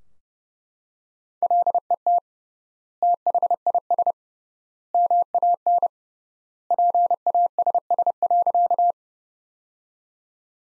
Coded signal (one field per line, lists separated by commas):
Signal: Morse code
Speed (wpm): 30 wpm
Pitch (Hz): 700 Hz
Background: none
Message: LET THIS MAN PASS.